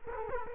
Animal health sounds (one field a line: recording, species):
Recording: mosquito wingbeat signal from an infrared sensor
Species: Culex quinquefasciatus